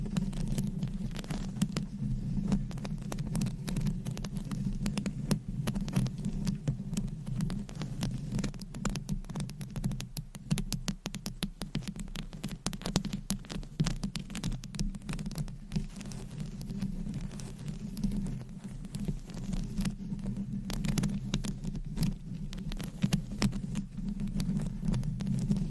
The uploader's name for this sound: Scratching , Tapping & Massage with DIFFERENT Mics , Items & Nails